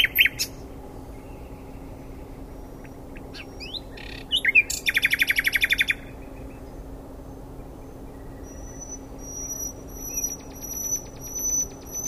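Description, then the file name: Common nightingale with a few sharp notes, then a fast rattling trill lasting over a second, followed by long thin high whistles and a soft buzzy passage. "Luscinia megarhynchos"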